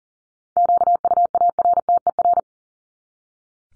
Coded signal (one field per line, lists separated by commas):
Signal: Morse code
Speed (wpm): 40 wpm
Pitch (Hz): 700 Hz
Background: none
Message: QUARTER